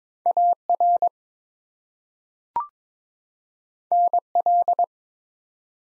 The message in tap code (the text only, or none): none